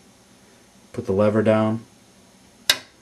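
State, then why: Seated. After a PGA processor is dropped into the ZIF socket of a motherboard CPU socket, the metal retention lever is pushed down until it locks. Someone talks first, then a single sharp click sounds at 2.7 s. The lever locks down and the processor is seated.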